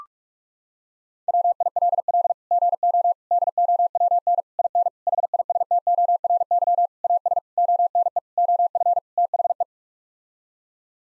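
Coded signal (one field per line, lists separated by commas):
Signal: Morse code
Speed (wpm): 42 wpm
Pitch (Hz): 700 Hz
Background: none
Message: WILL GO DOWN IN HISTORY AS ONE OF THE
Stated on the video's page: Head-copy practice of nine-word sets sent at 45 wpm, each set sent in Morse code, then spoken, then sent again.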